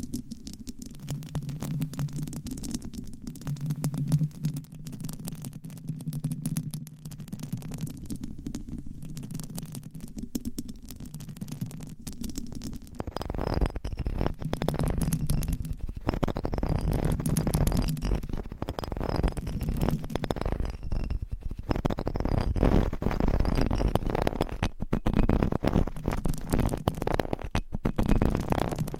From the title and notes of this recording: ASMR Mic Scratching - Brain Scratching with 9 Mics & DIY Mic Covers No Talking.